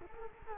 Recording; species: mosquito wingbeat signal from an infrared sensor; Culex quinquefasciatus